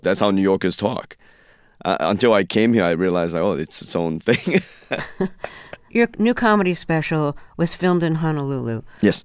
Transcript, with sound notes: that's how New Yorkers talk - until I came here. I realized, oh, it's its own thing (laughter).
Your new comedy special was filmed in Honolulu.